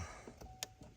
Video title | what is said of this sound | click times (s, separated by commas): 2018 CHEVROLET TRAX P0443 EVAP SYSTEM REPAIR | Get that clicked back in. | 0.6 s